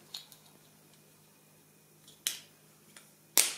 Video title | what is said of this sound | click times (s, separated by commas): Impossible de déplier clé Audi A3 | Et voilà, tu entends le clic-clic, voilà, tu vois que ça dépasse de nulle part. | 2.3 s, 3.4 s